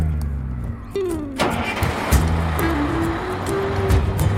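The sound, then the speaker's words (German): A bus's large diesel engine idles at a stop with a steady low rumble, its droning hum shifting pitch slightly while faint clanks and hiss sit on top. “Da steht schon unser Bus.”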